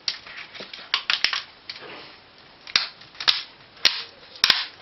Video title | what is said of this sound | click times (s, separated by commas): Laptop screen replacement on Lenovo Ideapad S12 | attach it back to the screen until all snaps into place | 1.2 s, 2.8 s, 3.3 s, 3.9 s, 4.4 s